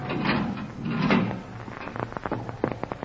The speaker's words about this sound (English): I kept a check on the time, and it was 20 minutes before they were due to arrive at the Marquardt building when a sound stopped me. The steel door was being opened.